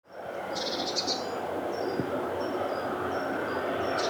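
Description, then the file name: Eurasian blue tit giving a quick pair of buzzy high churrs, followed by several faint thin notes against a steady hum of background noise. "Cyanistes caeruleus"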